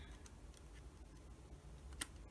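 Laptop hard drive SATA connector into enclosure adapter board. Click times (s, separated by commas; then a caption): 2.0 s. A laptop hard drive's SATA connector is pushed into the circuit board connector of an Insignia laptop hard drive enclosure. Faint ticks and handling noise come first, then one sharp click at 2.0 s as the connector seats.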